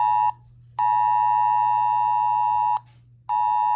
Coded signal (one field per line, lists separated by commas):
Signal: Emergency Alert System (SAME) tones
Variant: 853 and 960 Hz attention tone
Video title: State Of Michigan EXTENDED Shelter In-Place Order For Coronavirus- Civil Emergency Message (EAS 113)